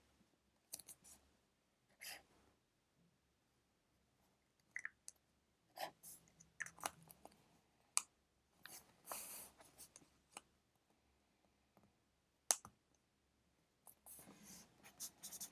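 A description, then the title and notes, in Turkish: Pencil work while studying: short, scratchy strokes and taps come in irregular bursts every second or two, with near silence between them. A sharp click lands around eight and twelve seconds, and a longer run of scribbling fills the last two seconds. Ev, kütüphane çalışmaları ortam sesi. Kurşun kalem ile ders çalışma; ortam sesleri, beyaz gürültü alt yapısı.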